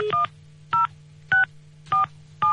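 A phone number is dialed: five short, loud DTMF tone beeps at an uneven pace, each a brief two-note chirp, over a low steady hum with no talking.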